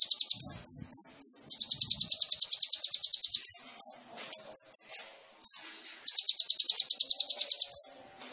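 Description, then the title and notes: Sunbird song: very high, rapid buzzy trills broken by sharp upslurred chips, repeated in several bursts, with faint low sounds early on. Indonesian masteran training recording for cage songbirds; described as full isian and tembakan, suited as pancingan to provoke singing; gacor singing. "MASTERAN KOLIBRI NINJA TERBAIK FULL ISIAN DAN TEMBAKAN MEWAH COCOK BUAT PANCINGAN. Suara Burung Kolibri Ninja Gacor"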